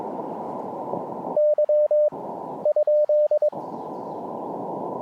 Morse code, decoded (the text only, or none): Y ?